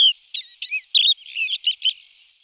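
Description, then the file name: Crested lark singing a brief string of fluty, warbled notes that dip and rise, each lasting a fraction of a second, with soft background noise. "Javoronok hohlatyy"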